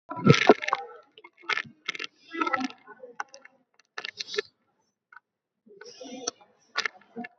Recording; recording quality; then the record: shallow breathing; moderate, slight background noise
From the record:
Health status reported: recovered from COVID-19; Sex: female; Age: 65 years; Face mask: worn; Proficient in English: no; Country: India